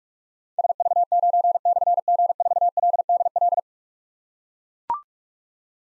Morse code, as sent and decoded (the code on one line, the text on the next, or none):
... ...- ----. -..-. --. ....- .-.. -.. .-..
SV9/G4LDL